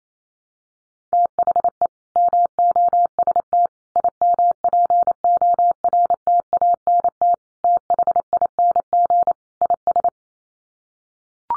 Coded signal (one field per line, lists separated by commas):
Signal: Morse code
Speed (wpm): 28 wpm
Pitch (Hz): 700 Hz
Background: none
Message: THE MOST IMPORTANT THING IS